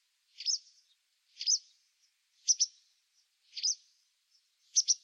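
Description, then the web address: White wagtail calling. Crisp, high slurred notes alternate with quick doubled 'chis-ick' chips, about one call each second. "cianscape birddata Deverinetal 2025"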